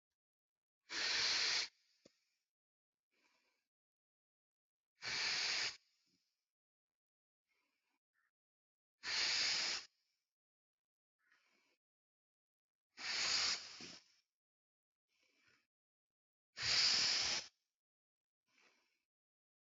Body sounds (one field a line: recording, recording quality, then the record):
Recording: deep breathing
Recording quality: excellent, no background noise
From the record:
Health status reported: healthy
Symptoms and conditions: diabetes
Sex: male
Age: 54 years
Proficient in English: yes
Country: India